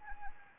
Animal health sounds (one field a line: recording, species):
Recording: mosquito wingbeat signal from an infrared sensor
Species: Anopheles arabiensis